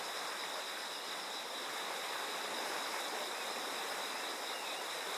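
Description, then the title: Continuous shrill insect chorus, even and unchanging, partly masked by the strong, hissing roar of a fast-flowing river. Insects calling beside a flowing river. "心洗うような川の流れと虫の鳴き声"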